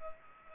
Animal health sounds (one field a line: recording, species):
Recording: mosquito wingbeat signal from an infrared sensor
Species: Culex pipiens